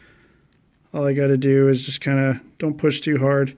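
A replacement LCD screen assembly for a Lenovo 2 Pro laptop is handled and pressed gently back onto the laptop lid frame, without pushing too hard, while someone talks over a quiet background. Nothing has seated or clicked yet; the plastic clips have not snapped into place by the end of the clip.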